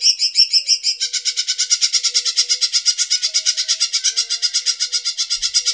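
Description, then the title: Bird giving a rapid, high, buzzy chattering series of pulses, changing in tone after the first second and running on evenly to the end. "SuaraBurung Kicau"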